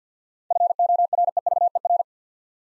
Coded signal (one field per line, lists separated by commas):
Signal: Morse code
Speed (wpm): 47 wpm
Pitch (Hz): 700 Hz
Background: none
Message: FOREVER